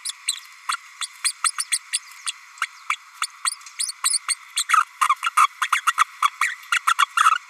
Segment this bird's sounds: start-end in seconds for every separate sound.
0.05-0.13, 0.27-0.40, 0.69-0.76, 1.01-1.07, 1.24-1.33, 1.44-1.52, 1.58-1.64, 1.71-1.78, 1.92-1.99, 2.26-2.32, 2.89-2.96, 3.21-3.27, 3.44-3.50, 3.78-3.91, 4.03-4.18, 4.28-4.35, 4.56-4.63, 4.69-4.83, 5.08-5.14, 5.22-5.30, 5.37-5.48, 5.61-5.67, 5.72-5.81, 5.86-5.93, 5.99-6.04, 6.22-6.29, 6.41-6.55, 6.71-6.79, 6.87-6.93, 6.98-7.06, 7.16-7.30